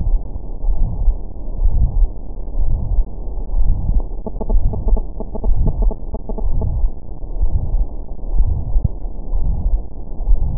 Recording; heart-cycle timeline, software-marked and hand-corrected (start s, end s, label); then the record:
heart sounds
not marked
From the record:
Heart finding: coronary artery disease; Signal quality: poor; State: rest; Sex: male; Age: 61 years